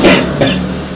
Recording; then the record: coughing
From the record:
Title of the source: Residual Phlegmy Morning Coughing and Gagging